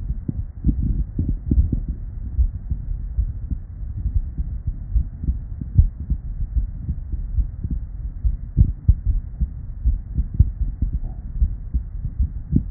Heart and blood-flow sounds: heart sounds by stethoscope; Erb's point; 74 bpm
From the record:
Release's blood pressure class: hypertension stage 2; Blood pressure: 147/102 mmHg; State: at rest

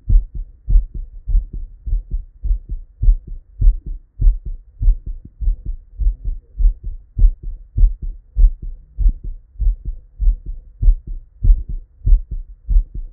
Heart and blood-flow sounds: heart sounds by stethoscope; Erb's point; 98 bpm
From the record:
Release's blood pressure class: normal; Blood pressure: 115/66 mmHg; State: at rest

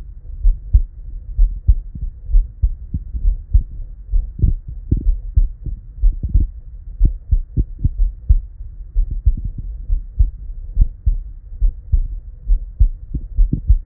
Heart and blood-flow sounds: heart sounds by stethoscope; Erb's point; 66 bpm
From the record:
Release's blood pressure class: normal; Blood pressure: 113/73 mmHg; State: at rest

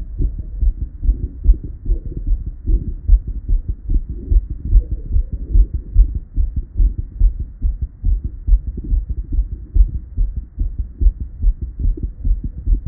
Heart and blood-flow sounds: heart sounds by stethoscope; Erb's point; 127 bpm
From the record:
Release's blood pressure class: hypertension stage 1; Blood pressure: 148/88 mmHg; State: at rest

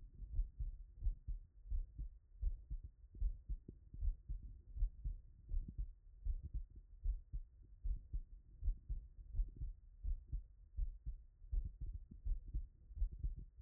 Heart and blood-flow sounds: heart sounds by stethoscope; Erb's point; 83 bpm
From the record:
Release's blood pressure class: hypertension stage 1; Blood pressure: 131/53 mmHg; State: after exercise

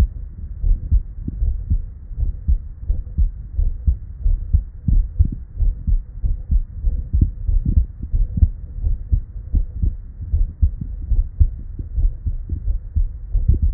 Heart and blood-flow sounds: heart sounds by stethoscope; Erb's point; 88 bpm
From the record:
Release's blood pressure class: hypertension stage 1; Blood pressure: 135/90 mmHg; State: at rest

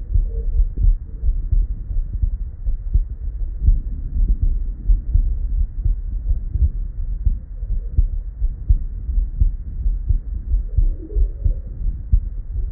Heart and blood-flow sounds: heart sounds by stethoscope; Erb's point; 84 bpm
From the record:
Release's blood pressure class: normal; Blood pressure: 110/65 mmHg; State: at rest

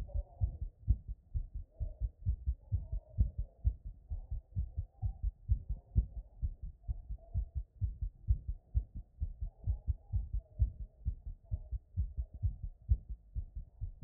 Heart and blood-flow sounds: heart sounds by stethoscope; Erb's point; 128 bpm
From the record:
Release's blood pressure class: hypertension stage 1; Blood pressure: 135/71 mmHg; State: after exercise

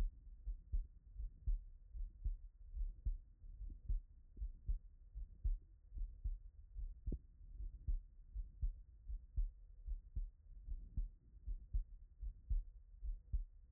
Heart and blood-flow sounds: heart sounds by stethoscope; Erb's point; 75 bpm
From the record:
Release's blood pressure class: hypertension stage 2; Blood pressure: 143/79 mmHg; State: after exercise

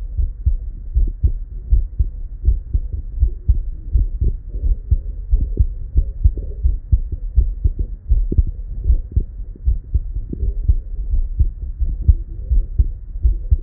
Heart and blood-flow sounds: heart sounds by stethoscope; Erb's point; 81 bpm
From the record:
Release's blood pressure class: hypertension stage 1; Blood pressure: 132/71 mmHg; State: at rest

